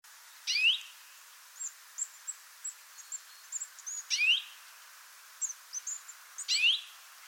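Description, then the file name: European greenfinch giving three upward-sweeping whistled calls a few seconds apart, with faint brief chirps scattered between them. "Chloris chloris"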